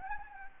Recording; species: mosquito wingbeat signal from an infrared sensor; Anopheles gambiae